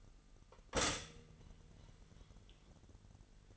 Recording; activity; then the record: daily activity, microphone in the room; stop toaster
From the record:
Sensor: 4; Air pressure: 989.4 hPa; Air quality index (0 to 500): 217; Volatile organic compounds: 69 ppm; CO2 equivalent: 3510 ppm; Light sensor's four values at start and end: 25/88/32/34 and 23/80/29/31